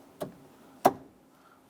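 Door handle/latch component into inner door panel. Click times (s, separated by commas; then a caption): 0.9 s. A door handle/latch component on a 1995-2001 Ford Explorer is pushed in and then back into the inner door panel during a power window motor replacement. A soft tap sounds near 0.2 s, then a sharp click at 0.9 s as the part locks into place. The component is seated.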